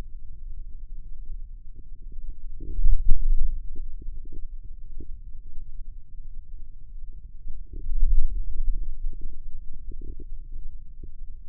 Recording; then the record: forearm muscle sounds (acoustic myography)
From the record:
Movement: hand opening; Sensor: system 2, bracelet of six BSWA MPA416 microphones around the upper forearm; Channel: 6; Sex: male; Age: 22 years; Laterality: right